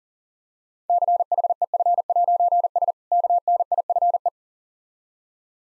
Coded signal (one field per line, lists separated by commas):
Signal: Morse code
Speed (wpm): 40 wpm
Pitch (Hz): 700 Hz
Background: none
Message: CHEF'S KNIFE